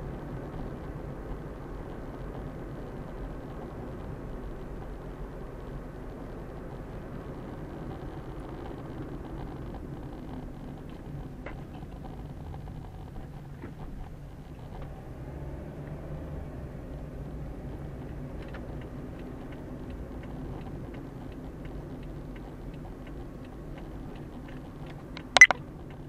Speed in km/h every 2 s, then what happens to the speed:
42, 41, 41, 40, 35, 24, 15, 14, 21, 26, 28, 29, 27.
0-7 steady at about 41. 7-13 brakes to 14. 13-19 speeds up to 28. 19-26 steady at about 28.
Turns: none.